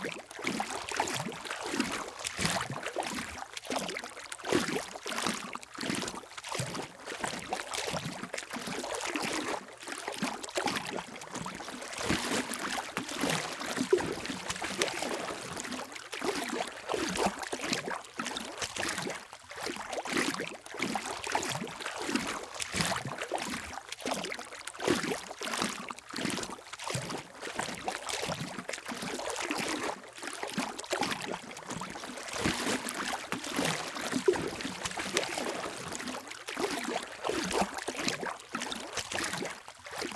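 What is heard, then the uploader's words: Someone walks through shallow water, each stride a quick splash and slosh that repeats steadily, roughly two or three per second, for the full forty seconds. The splashes are bright, with a continuous watery wash filling the gaps. Walking Through the Shallow Water.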